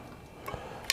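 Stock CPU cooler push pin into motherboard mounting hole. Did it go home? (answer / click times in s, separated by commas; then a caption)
yes / 0.5 s, 0.9 s. Corner push pins of a stock Intel CPU cooler are pressed into the motherboard mounting holes. A click sounds at 0.5 s, followed by a much sharper, louder snap at 0.9 s. The push pin snaps home and is seated.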